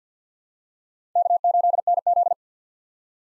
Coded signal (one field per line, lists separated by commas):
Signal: Morse code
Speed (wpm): 52 wpm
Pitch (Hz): 700 Hz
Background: none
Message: K8NZ